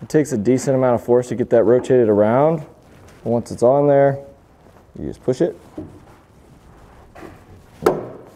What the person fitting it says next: You hear a little snap like that, and we're good to go.